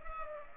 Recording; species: mosquito wingbeat signal from an infrared sensor; Culex pipiens